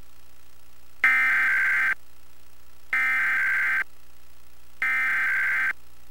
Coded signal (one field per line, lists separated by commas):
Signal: Emergency Alert System (SAME) tones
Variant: header bursts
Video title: EAS: Pennsylvania Required Monthly Tests (4/16/20)(EAS #316-321)